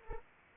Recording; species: mosquito wingbeat signal from an infrared sensor; Anopheles arabiensis